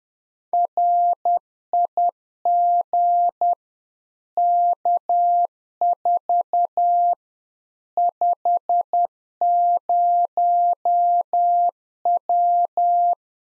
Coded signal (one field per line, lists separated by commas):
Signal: Morse code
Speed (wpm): 10 wpm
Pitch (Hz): 700 Hz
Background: none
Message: RIG K4 50W